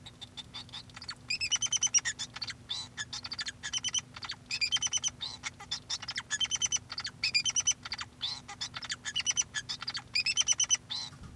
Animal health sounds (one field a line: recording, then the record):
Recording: song of a male Bengalese finch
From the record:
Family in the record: son of father 2